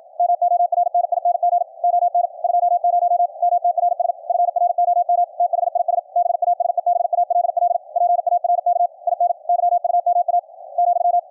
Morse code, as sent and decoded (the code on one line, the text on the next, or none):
-- --- .-. -. .. -. --. / --- -. / ..--- ----- / -- - .-. ... / ..-. .-. --- -- / - .... .. ... / -... .- ... . -... .- .-.. .-.. / .--. .- .-. -.- / .. -. / -.-- ..- -- .- / --..--
MORNING ON 20 MTRS FROM THIS BASEBALL PARK IN YUMA ,